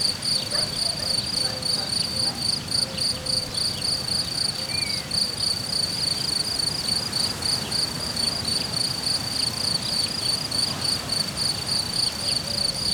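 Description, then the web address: Cricket producing a long, regular high pulsing trill, with a faint rising whistle midway and low rumble throughout. Cricket recorded in nature at Hortobágy in 2014, described as idyllic; an insect landed on the left microphone. "allathangok termeszetben tucsok professzionalis 2014 idilli balmikrofonraraszallorovar hortobagy"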